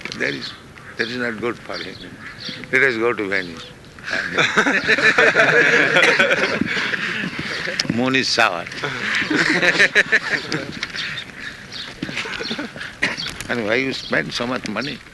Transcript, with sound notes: there is..., that is not good for him. "Let us go to Venus. [laughter] Moon is sour." And why you spent so much money?